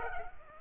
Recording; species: mosquito wingbeat signal from an infrared sensor; Culex pipiens